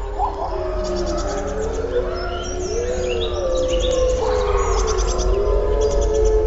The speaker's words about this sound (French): le célèbre hurlement qui permet de regrouper les loups de la meute et d'éloigner les autres meutes. Grâce à son ouïe extrêmement fine, le loup peut entendre ses congénères à plusieurs kilomètres.